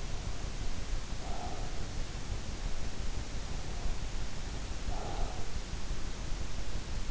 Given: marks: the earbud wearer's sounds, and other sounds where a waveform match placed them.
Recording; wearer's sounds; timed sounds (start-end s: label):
sounds in sleep by an in-ear microphone; breath
0.00-1.81 s: breath
3.47-5.61 s: breath